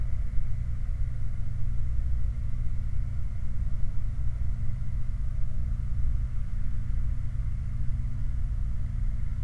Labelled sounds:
machinery
flare stack
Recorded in the Prudhoe Bay oil fields, Alaska, on 8 July 2019 at 01:06
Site 29

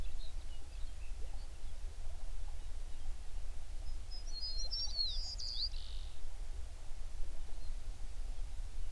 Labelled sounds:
songbird
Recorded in the Prudhoe Bay oil fields, Alaska, on 11 June 2019 at 04:54
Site 21

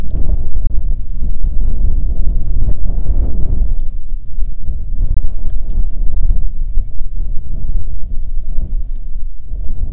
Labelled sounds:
wind
rain
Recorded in the Prudhoe Bay oil fields, Alaska, on 5 June 2019 at 00:01
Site 13

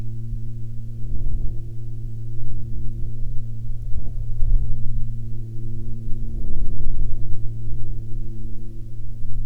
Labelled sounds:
aircraft
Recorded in the Prudhoe Bay oil fields, Alaska, on 30 July 2019 at 13:36
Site 14

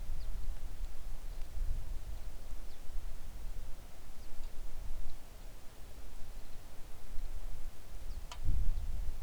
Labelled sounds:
songbird
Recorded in the Arctic National Wildlife Refuge, Alaska, on 3 August 2019 at 10:31
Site 41

